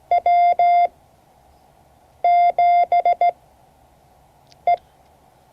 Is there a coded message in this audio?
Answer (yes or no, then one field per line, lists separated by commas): yes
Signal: Morse code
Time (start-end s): 0.1-4.8 s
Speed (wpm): 16 wpm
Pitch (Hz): 690 Hz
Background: none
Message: W7E